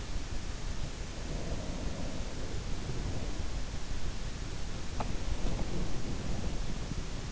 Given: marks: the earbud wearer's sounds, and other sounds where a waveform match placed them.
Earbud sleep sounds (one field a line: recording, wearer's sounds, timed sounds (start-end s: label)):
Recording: sounds in sleep by an in-ear microphone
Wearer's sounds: breath, teeth grinding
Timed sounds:
1.08-3.65 s: breath
4.60-5.25 s: teeth grinding
4.93-7.32 s: breath